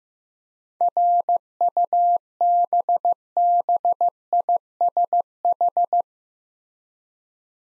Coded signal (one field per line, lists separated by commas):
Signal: Morse code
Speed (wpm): 15 wpm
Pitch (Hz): 700 Hz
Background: none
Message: RUBBISH